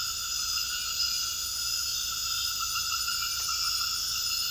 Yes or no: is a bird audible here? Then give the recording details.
no. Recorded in secondary vegetation near Puerto Asís, Putumayo, Colombia, on 19 February 2024 at 00:30. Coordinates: 0.481, -76.323. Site G6376